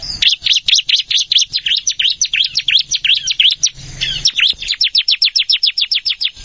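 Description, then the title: Plain prinia song, a long, steady stream of high, ticking, buzzy notes with one short break. "Ciblek Sawah"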